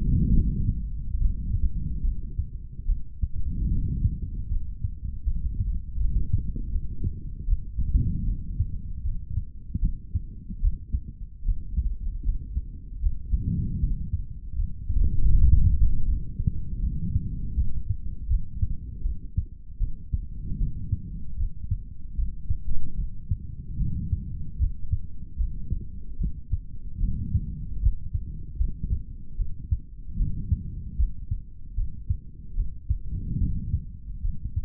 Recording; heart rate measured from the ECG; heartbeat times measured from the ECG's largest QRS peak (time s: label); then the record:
heart sounds by stethoscope; 76 bpm
0.30 s: heartbeat
1.17 s: heartbeat
2.02 s: heartbeat
2.86 s: heartbeat
3.68 s: heartbeat
4.48 s: heartbeat
5.24 s: heartbeat
5.98 s: heartbeat
6.70 s: heartbeat
7.46 s: heartbeat
8.25 s: heartbeat
9.02 s: heartbeat
9.80 s: heartbeat
10.60 s: heartbeat
11.44 s: heartbeat
12.23 s: heartbeat
13.01 s: heartbeat
13.80 s: heartbeat
14.56 s: heartbeat
15.33 s: heartbeat
16.06 s: heartbeat
16.80 s: heartbeat
17.55 s: heartbeat
18.28 s: heartbeat
19.02 s: heartbeat
19.79 s: heartbeat
20.58 s: heartbeat
21.37 s: heartbeat
22.15 s: heartbeat
22.96 s: heartbeat
23.78 s: heartbeat
24.58 s: heartbeat
25.37 s: heartbeat
26.18 s: heartbeat
26.99 s: heartbeat
27.80 s: heartbeat
28.58 s: heartbeat
29.37 s: heartbeat
30.17 s: heartbeat
30.97 s: heartbeat
31.75 s: heartbeat
32.55 s: heartbeat
33.38 s: heartbeat
34.22 s: heartbeat
From the record:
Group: healthy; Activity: rest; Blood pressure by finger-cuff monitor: 120/88 mmHg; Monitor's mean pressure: 98 mmHg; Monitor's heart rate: 75 bpm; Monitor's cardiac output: 3.5 L/min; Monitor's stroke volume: 46 mL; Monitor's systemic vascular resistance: 2130 dyn s/cm5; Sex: male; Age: 55 years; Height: 167 cm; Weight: 57.2 kg